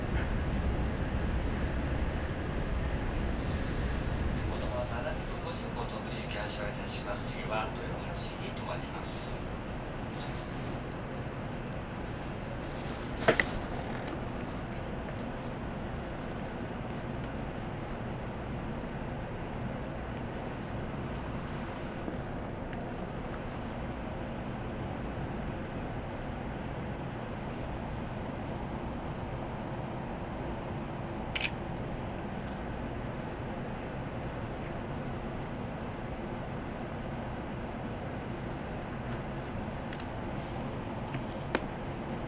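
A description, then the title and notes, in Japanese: Inside a Tokaido Shinkansen Kodama car, a steady low rumble runs throughout, louder at the start, with occasional sharp clicks and brief bright hisses. 東海道新幹線 名古屋→豊橋 こだま号自由席。14号車に乗車しました。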